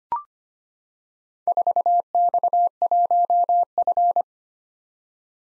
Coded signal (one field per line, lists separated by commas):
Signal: Morse code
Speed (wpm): 25 wpm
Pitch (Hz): 700 Hz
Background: none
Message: 4X1F